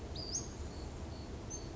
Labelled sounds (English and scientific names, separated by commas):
Western Flycatcher (Empidonax difficilis)